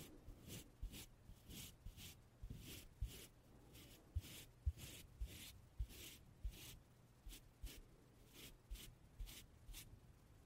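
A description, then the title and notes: A string of short, breathy puffs repeats through the whole ten seconds, about one or two per second at an uneven pace. Each is a quick airy hiss, bright and soft-edged, and some come with a faint low bump or knock. No voices. 말없이 퍼프 소리만, 가득 담아봤어요 puff sound no talking asmr.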